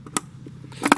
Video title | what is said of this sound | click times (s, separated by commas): Install GLOHH Dynamic LED Tail Lights on a Range Rover Sport | So we're just going to push that in until we hear it click. | 0.2 s